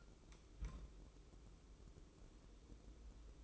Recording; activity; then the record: daily activity, microphone in the room; place on stove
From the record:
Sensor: 1